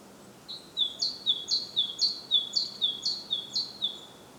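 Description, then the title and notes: Great tit singing a rhythmic teacher-teacher phrase, high then lower note, about seven repetitions at an even quick pace with quiet hiss behind. Recorded at Głodówka, Žilina Region, Slovakia, with a Zoom F3 recorder and Usi Pro microphones. "Głodówka, Kraj żyliński, Słowacja - Great voice of a great tit. Recordist: Maciej Wirmański"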